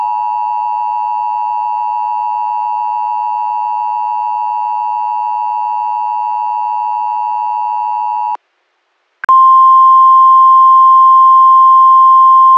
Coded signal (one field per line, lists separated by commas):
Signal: Emergency Alert System (SAME) tones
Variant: 853 and 960 Hz attention tone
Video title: EAS Scenario #9 - World War III (Part 2)